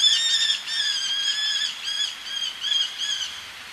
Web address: eleonoras falcon